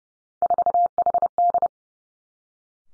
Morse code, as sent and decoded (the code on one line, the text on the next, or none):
....- .... -..
4HD